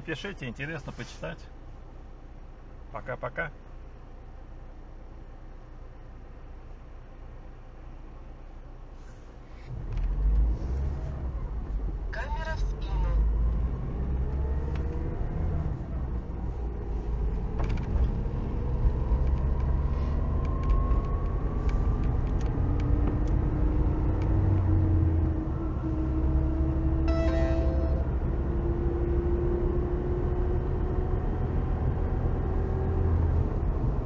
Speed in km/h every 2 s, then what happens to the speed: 3, 0, 0, 0, 0, 0, 0, 3, 13, 21, 32, 35, 43, 49, 56, 56, 59.
1-13 standing. 13-34 pulls away to 59.